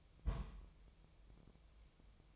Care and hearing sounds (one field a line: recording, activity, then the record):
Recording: daily activity, microphone in the room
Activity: place on stove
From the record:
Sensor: 1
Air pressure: 999.3 hPa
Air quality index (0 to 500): 201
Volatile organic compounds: 42 ppm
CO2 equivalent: 3188 ppm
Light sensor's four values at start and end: 9/22/8/9 and 9/22/8/9